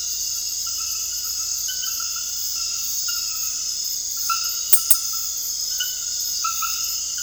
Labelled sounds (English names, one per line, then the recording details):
none
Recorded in dense forest near Puerto Asís, Putumayo, Colombia, on 19 February 2024 at 01:30
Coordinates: 0.485, -76.318
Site G6408